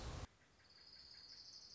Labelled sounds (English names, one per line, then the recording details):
Orange-crowned Warbler
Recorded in Sonoma County, California